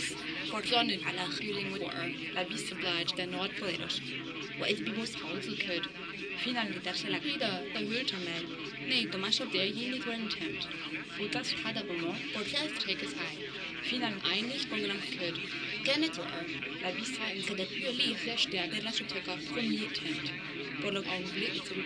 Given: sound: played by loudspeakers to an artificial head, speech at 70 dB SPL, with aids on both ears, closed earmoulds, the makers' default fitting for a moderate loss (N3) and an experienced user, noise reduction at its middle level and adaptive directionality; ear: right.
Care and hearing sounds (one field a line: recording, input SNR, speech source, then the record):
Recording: speech test signal (ISTS) in cocktail-party noise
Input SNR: 0 dB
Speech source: on the right (90 degrees)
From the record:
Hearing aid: class 2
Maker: D